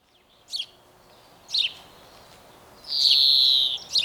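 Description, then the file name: European greenfinch singing: short bright chirps at intervals of about a second, then a long nasal buzzing wheeze, with another chirp after it. "Chloris chloris"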